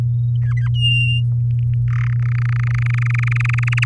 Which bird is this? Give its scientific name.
Serinus canaria